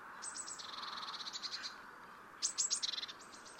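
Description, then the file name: Eurasian blue tit calling: a few high thin notes lead into a buzzy, scolding churr that runs for over a second, then a second burst of sharp notes and churring. "Cyanistes caeruleus"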